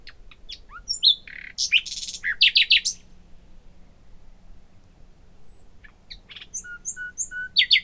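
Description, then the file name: Common nightingale song: bursts of varied sharp chirps and rich whistled notes, a pause, then a thin high whistle and more quick notes. "Luscinia megarhynchos"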